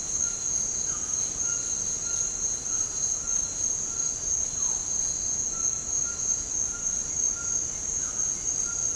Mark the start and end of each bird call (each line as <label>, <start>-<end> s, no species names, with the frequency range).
bird call (0.8-1.9 kHz), 0.00-4.84 s
bird call (1.0-1.6 kHz), 5.46-8.81 s